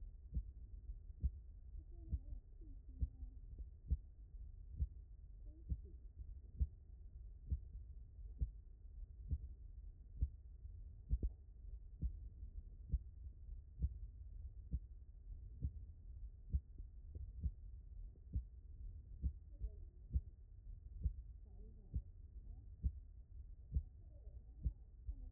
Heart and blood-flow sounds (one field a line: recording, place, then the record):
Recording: heart sounds by stethoscope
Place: aortic valve (AV)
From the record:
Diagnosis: HFrEF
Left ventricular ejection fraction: 39%